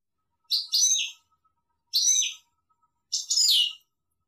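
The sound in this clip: European goldfinch giving three short, harsh twittered notes a little over a second apart, most a quick chip followed by a rasping, down-slurred note.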